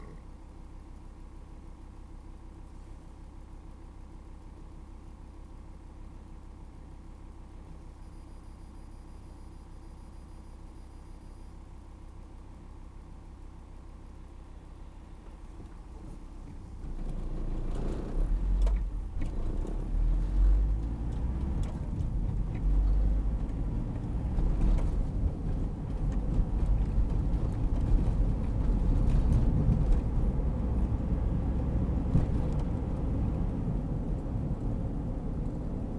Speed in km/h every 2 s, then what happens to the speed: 0, 0, 0, 0, 0, 0, 0, 0, 0, 9, 17, 29, 37, 42, 46, 49, 48, 46.
0-16 standing. 16-30 pulls away to 49. 30-36 steady at about 48.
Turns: none.